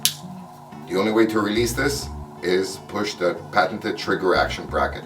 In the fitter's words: once you hear the click you know it's locked permanently